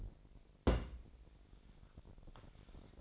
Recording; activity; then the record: daily activity, microphone in the room; place on stove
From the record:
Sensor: 5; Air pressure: 1012.2 hPa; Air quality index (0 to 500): 235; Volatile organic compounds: 4 ppm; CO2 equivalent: 1561 ppm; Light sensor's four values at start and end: 50/112/48/53 and 51/115/49/54